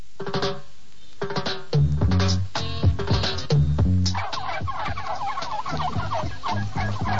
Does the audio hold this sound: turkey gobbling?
yes